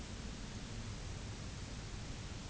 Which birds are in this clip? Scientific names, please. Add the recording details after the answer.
none. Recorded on Arctic tundra, site UTQI-0, on 11 June 2019. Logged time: 04:00